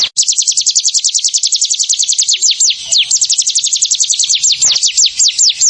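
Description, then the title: Bar-winged prinia singing a fast, nearly continuous stream of sharp, high-pitched downward-sweeping notes. "Ciblek Sawah"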